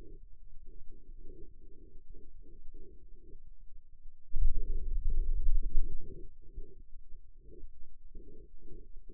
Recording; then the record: forearm muscle sounds (acoustic myography)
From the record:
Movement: finger pinch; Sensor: system 2, bracelet of six BSWA MPA416 microphones around the upper forearm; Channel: 5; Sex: male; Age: 22 years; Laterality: right